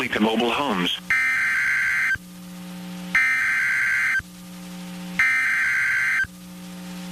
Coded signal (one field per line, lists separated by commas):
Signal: Emergency Alert System (SAME) tones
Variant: header bursts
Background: speech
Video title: North Central Texas Severe T Storm Outbreak (EAS 1494-1515)